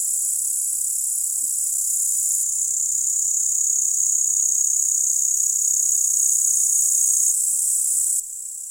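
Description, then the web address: Upland green bush-cricket song, a continuous high, hissing buzz held steadily for about eight seconds before it drops to a weaker level near the end. "Tajemnice puszczy Pasikonik spiewajcy"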